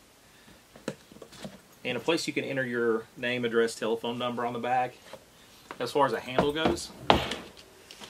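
Someone talks while handling the telescoping pull handle of an AmazonBasics Premium Upright Expandable Softside Suitcase, which locks into a single extended position in the softside suitcase frame. A few brief, sharp handling sounds come near the end. Nothing has seated or clicked into place yet.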